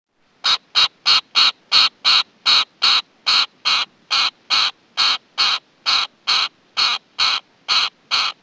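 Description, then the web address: Bird calling a long run of short, harsh, nasal notes about two or three per second, steady and evenly paced against silence. Recorded in North America. "Peterson North American Birds"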